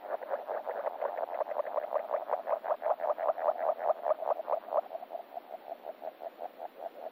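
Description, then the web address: Agile frog calling in a long run of soft, rapid knocking notes, holding steady then weakening toward the end. Recorded in France. "amphibians-in-france Agile frog"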